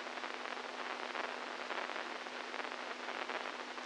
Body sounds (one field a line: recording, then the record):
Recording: brain microelectrode recording played as sound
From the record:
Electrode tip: inside the subthalamic nucleus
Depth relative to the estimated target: -4 mm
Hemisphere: right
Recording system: NeuroSet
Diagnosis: Parkinson's disease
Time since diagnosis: 10 years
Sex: male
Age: 65 years